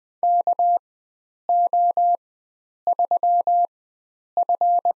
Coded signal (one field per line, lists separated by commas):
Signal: Morse code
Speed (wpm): 20 wpm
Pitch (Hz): 700 Hz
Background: none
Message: KO3F